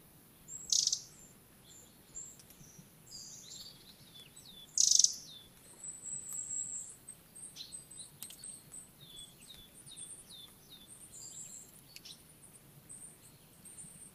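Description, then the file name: Eurasian wren calls: two loud, hard ticking notes about four seconds apart, with a scatter of fainter high thin chirps and sweeps throughout. "Troglodytes troglodytes"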